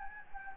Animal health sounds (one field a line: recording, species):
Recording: mosquito wingbeat signal from an infrared sensor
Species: Anopheles gambiae